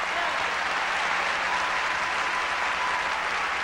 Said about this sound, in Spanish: Entonces, con ese aplauso yo quiero decirle muchas gracias, Faraona. Gracias, Lola.